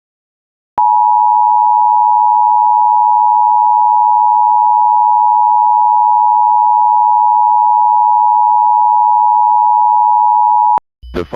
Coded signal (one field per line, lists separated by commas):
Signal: Emergency Alert System (SAME) tones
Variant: 853 and 960 Hz attention tone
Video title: EAS mock | oh no.